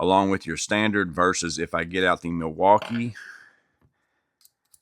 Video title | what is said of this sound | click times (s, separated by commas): Klein Dual Lock Impact Extension - Can it be a Bit Holder? | that one doesn't lock in. It almost feels like it does. | none